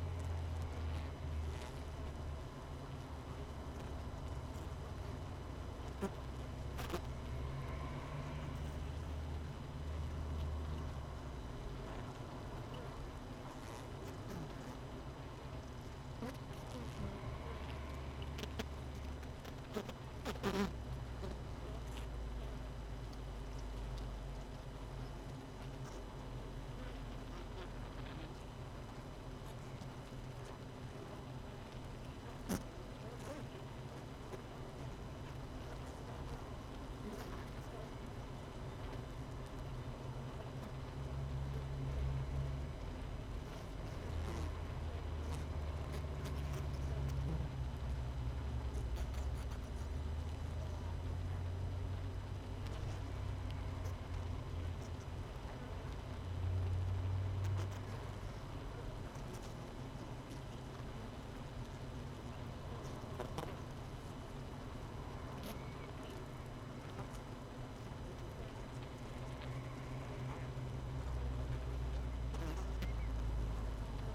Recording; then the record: honeybee colony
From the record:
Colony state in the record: missing queen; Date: 31 May 2018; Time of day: 17:51